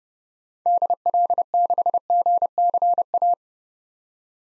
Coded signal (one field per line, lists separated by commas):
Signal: Morse code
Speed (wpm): 32 wpm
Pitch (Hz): 700 Hz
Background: none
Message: DL6GCA